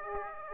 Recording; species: mosquito wingbeat signal from an infrared sensor; Aedes aegypti